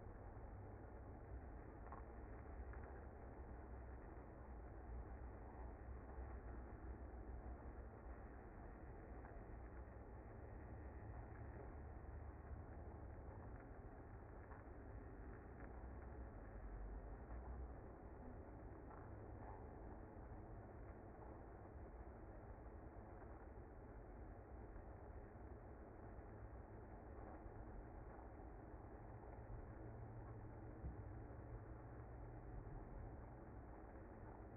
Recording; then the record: honeybee colony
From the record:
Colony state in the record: active